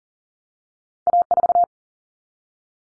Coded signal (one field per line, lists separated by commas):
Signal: Morse code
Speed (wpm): 40 wpm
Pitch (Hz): 700 Hz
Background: none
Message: A4